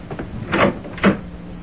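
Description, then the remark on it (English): A front door is opened, with two dull clunks about half a second apart, the latch and then the door swinging, over a low steady hum with no one speaking. “Oh, someone's at the door. I'm coming!”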